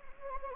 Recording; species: mosquito wingbeat signal from an infrared sensor; Anopheles gambiae